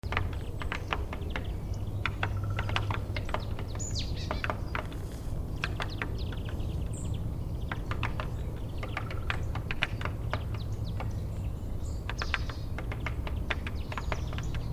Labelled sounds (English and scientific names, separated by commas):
Great Spotted Woodpecker (Dendrocopos major)